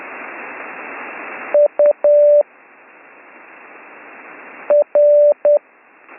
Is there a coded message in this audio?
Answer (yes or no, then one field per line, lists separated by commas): yes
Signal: Morse code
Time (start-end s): 1.5-5.6 s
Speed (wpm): 10 wpm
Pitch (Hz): 590 Hz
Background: none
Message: UR